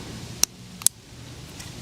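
A fog light harness connector for American Modified X Style LED front bumper fog lights on a 2016–2020 Honda Civic Hatchback is plugged straight into its mating plug. Two sharp plastic clicks sound at 0.4 s and 0.9 s over a low, steady background hum. The connector seats and clicks in.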